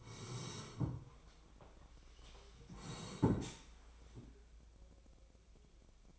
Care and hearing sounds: daily activity, microphone in the room; sit down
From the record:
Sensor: 1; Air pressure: 1015.2 hPa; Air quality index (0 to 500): 187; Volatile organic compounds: 18 ppm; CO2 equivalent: 2610 ppm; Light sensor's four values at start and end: 12/30/12/13 and 13/30/12/14

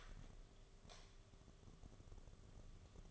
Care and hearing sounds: daily activity, microphone in the room; light on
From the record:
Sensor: 4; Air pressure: 1011.1 hPa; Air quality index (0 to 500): 147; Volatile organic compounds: 3 ppm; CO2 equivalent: 1504 ppm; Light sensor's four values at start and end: 128/334/141/146 and 128/336/142/147

